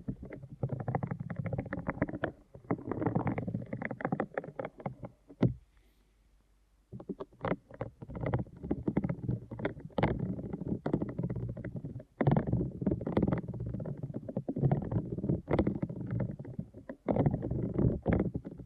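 Deep ear canal massage, a dense, muffled rubbing and squishing with low, thick friction sounds and frequent soft clicks and pops. The texture is nearly continuous, with a brief near-silent pause around five to seven seconds and another short break near twelve seconds.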